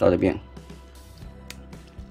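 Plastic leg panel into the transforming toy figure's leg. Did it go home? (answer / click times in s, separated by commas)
yes / 1.5 s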